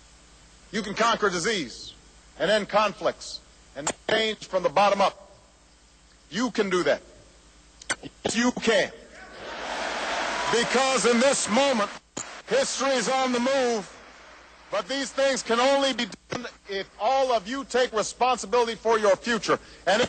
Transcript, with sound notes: You can conquer disease, and end conflicts, and make change from the bottom up. You can do that. Yes you can -- (applause) -- because in this moment, history is on the move.
But these things can only be done if all of you take responsibility for your future.